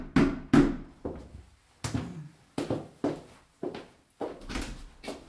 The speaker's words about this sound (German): Stattdessen klopfte es an der Haustür.